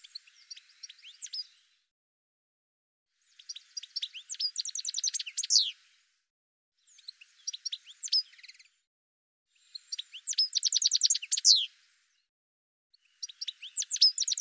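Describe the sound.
Bird song in five phrases with silent gaps: each a fast, jumbled series of high chirps, trills and slurred whistles, some louder and fuller than others.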